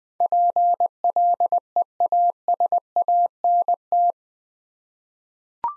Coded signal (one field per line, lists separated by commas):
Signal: Morse code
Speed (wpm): 20 wpm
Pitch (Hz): 700 Hz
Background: none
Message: PLEASANT